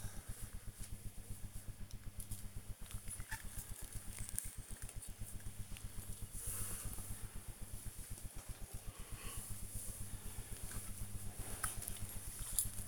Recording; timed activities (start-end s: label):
household activities, microphone on the right wrist
0.00-12.88 s: dusting model cars